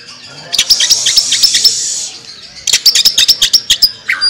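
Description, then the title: Oriental magpie-robin song: a high buzzy run of fast notes, a short pause, then a quick string of sharp clicking notes. National champion bird. "Bintang Sektor Kacer Juara Nasional"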